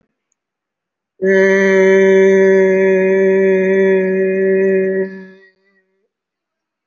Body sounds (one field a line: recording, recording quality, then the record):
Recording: sustained vowel as in made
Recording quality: excellent, no background noise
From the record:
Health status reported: respiratory illness, not identified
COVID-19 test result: not tested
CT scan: not taken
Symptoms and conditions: fatigue, another respiratory illness, another condition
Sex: male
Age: 65 years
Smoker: no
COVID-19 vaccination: none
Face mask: worn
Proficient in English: no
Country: India